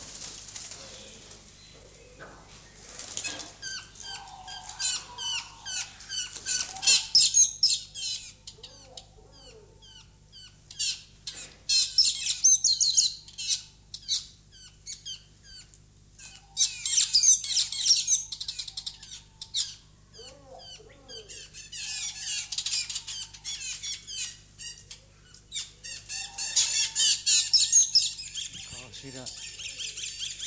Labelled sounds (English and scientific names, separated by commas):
Diamond Dove (Geopelia cuneata) courtship call